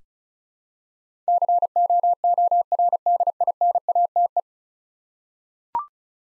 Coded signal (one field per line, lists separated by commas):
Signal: Morse code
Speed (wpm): 33 wpm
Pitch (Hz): 700 Hz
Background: none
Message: COORDINATE